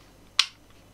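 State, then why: Seated. A plastic side grip panel is pressed back onto a game controller shell after modding, giving one sharp snap at 0.4 s. The panel clicks straight back on and is seated.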